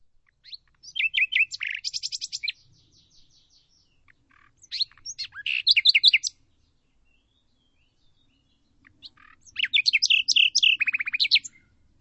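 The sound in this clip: Bird song: three bursts of rapid twittering and fast trills, each a couple of seconds long, separated by short silences.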